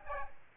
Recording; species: mosquito wingbeat signal from an infrared sensor; Aedes aegypti